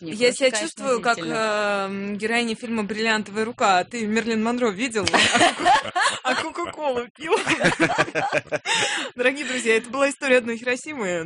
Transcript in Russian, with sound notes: Я себя чувствую как героиня фильма «Бриллиантовая рука»: «А ты Мэрилин Монро видел?» (все смеются) «А кока-колу пил?»... Дорогие друзья, это была история одной Хиросимы.